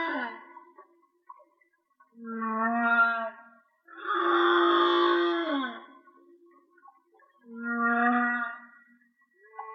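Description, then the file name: Whale song of long resonant moans with stacked overtones, one loud central wail flanked by two steadier tones. "Whale Song-colin"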